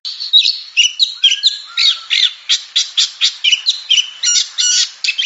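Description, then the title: Oriental magpie-robin song of quick chattering bursts mixed with sharp whistles and a long, flat whistled note. Champion singing bird. "Kicau Burung Kacer Juara"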